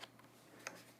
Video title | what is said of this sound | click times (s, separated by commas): Savage Arms A22 22 WMR 22 Magnum Semi Auto Rifle: Shop Review (field test to follow) | push everything forward and then it's going to lock | 0.7 s